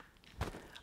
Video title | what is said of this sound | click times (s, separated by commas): ATUMTEK Bluetooth selfie Stick Review | and it snaps in there so we come down now to the words | 0.8 s